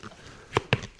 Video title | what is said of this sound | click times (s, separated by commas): I Bought 4 'Mystery' Arai Helmets Sight Unseen: Part 2 | And a nice clicking motion there as well. | 0.6 s, 0.7 s